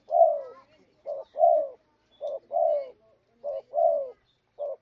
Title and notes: Pikat Burung Tekukur Paling Ampuh. Kumpulan suara burung tekukur paling ampuh